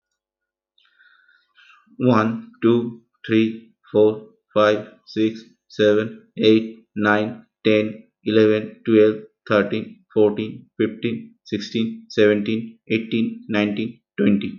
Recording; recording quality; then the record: counting at a normal pace; excellent, no background noise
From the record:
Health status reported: healthy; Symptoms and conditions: none ticked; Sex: male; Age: 30 years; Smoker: not ticked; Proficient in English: no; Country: India